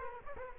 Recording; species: mosquito wingbeat signal from an infrared sensor; Culex quinquefasciatus